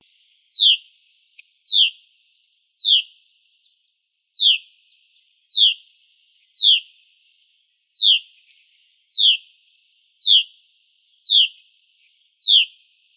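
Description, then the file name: Hutton's vireo calls, a series of sharp descending notes repeated roughly once a second, steady and clean with no other sounds. "HUVI 5 deviche"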